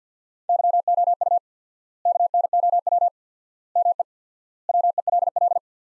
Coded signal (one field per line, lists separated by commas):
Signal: Morse code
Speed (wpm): 50 wpm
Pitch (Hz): 700 Hz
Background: none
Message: YOU KNOW ME WELL